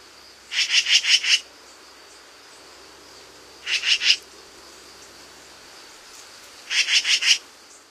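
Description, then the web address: Yellow-billed magpie chatter: rapid rattling bursts of three to five harsh notes, three bursts separated by pauses, over a steady background hiss. "Songs of Birds of North America Stokes. Yellow-billed Magpie"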